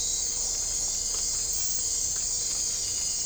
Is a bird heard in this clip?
no